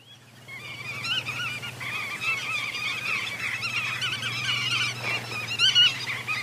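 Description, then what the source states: Bar-tailed Godwit flock calls: many short, clipped notes overlapping in a dense, continuous chatter, with a steady low hum underneath. Call described as sounding like tit-tit-tit; recorded by Nigel Jackett in Broome.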